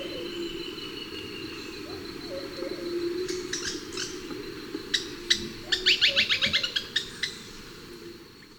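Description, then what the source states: Black-and-white Tody-Flycatcher giving quick runs of sharp ticking notes that build into a fast, loud clicking series, over soft low calls in the background. Recorded in Ecuador, South America; with Plumbeous Pigeon and Thrush-like Antpitta.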